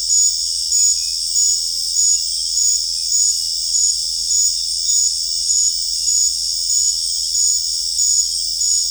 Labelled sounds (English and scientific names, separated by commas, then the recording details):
none
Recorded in secondary vegetation near Puerto Asís, Putumayo, Colombia, on 20 December 2024 at 19:30
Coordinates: 0.484, -76.319
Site GP06